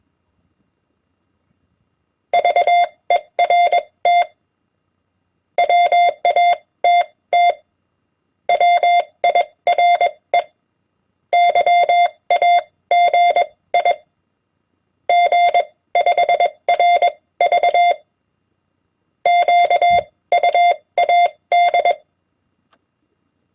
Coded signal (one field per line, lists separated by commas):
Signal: Morse code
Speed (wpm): 21 wpm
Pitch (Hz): 700 Hz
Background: none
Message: VERT WATT WIRE YAGI G5RV QUAD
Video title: Morse Code HamWords @20 wpm